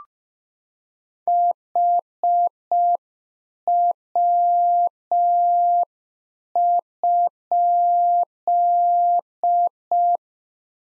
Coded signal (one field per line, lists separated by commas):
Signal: Morse code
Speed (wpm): 5 wpm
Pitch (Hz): 700 Hz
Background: none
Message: HW?